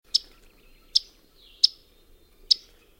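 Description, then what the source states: Yellow-rumped Warbler chip calls: four sharp, high, dry tsk notes given singly at uneven gaps of under a second, over a quiet background. Call sounds like an annoyed math teacher tisking at her class.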